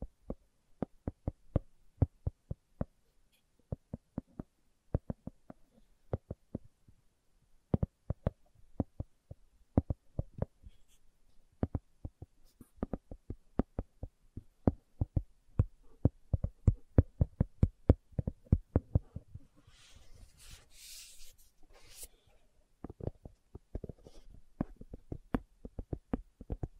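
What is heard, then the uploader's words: Slow tapping with sharp, irregular knocks roughly twice a second, briefly joined by a soft hissing rustle around twenty seconds in. ASMR Slow Tapping for Deep Sleep (No Talking).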